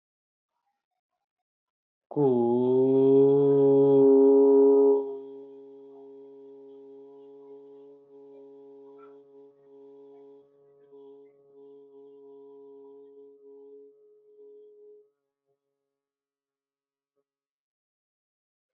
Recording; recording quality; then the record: sustained vowel as in boot; excellent, no background noise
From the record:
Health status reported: healthy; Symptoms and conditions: none ticked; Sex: male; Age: 28 years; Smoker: not ticked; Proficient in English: yes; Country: India